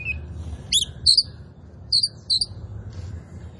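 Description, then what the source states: Oriental magpie-robin song: a short whistle, then four loud, high chirped notes. Local Indonesian name kacer poci; described as gacor, singing vigorously.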